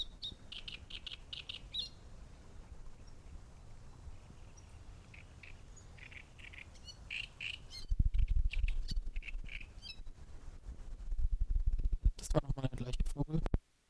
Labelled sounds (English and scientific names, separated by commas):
Great Reed Warbler (Acrocephalus arundinaceus)